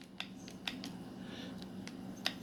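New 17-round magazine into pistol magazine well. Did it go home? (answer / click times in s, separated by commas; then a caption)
no / none. A newly bought Smith & Wesson 17-round magazine, with a different cut on its back, is pushed into a pistol grip's magazine well several times. Short sharp taps and clacks land at about 0.2, 0.7, 0.8, 1.9 and 2.3 seconds over a faint steady hum. The magazine does not lock in, and nothing has seated or clicked yet.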